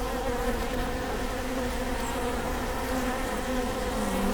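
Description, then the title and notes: Honey bees buzzing in a short, even drone, a low continuous hum with a faint gliding tone near the end. Bee hive at Prinzessinnengarten, Hermannstraße, Berlin, Germany; recorded with Sony PCM D50 and Primo EM172. "Prinzessinnengarten II, Hermannstraße, Berlin, Deutschland - bee hive. bee hive at Prinzessinnengarten"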